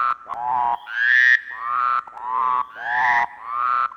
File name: Kearns Corrected Thesis DIGITAL APPENDIX H Frogs